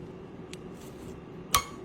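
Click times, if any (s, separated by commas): 1.5 s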